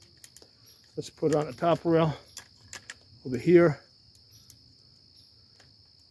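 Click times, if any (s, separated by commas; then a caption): 4.5 s. A quick-detach bipod mount is put onto a top Picatinny rail while someone talks, with a steady high insect-like hiss running throughout. Small metallic ticks are heard, then a sharp click at 4.5 s as the mount locks in place on the rail despite rail tolerance issues.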